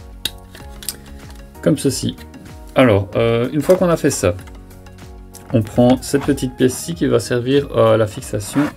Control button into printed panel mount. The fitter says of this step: le bouton de commande il va venir se clipser comme